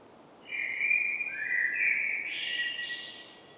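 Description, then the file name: Common blackbird singing a single drawn-out phrase, mellow whistled notes sliding upward into a thinner, higher chattering ending. "Turdus merula"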